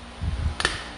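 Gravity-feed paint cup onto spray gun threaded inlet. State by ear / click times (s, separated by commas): seated / 0.6 s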